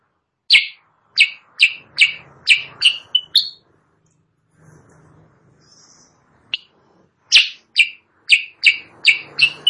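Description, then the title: Sooty-headed bulbul song: two bursts of quick, buzzy chirps separated by a quiet gap with faint rustling and a lone sharp note. Chattering (gacor) song used as masteran, a training recording for caged birds, and as a pikat lure sound. "Masteran Kutilang Sutra. suara pikat kutilang sutra kutilang sutra gacor"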